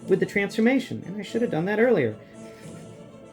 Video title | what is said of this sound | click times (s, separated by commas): SS86 Megatron! A verbal transformation explanation: Blindformers 216 | And there we go. So, that one locks into place, I think. Did we lock it? No, we did not lock it. Come on. | none